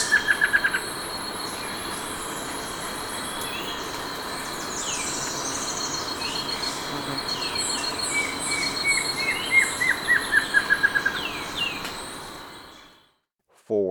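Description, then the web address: Plain Antvireo song: a brief burst of notes, then a bouncing series of clear notes that speeds up and drops slightly in pitch, over a steady insect hum. Recorded in Ecuador. "Birds of Ecuador 2. Plain Antvireo"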